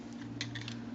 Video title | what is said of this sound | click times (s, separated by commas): Transformers Combiner Wars Titan Class DEVASTATOR review | Swing it down and lock into place like so. | 0.4 s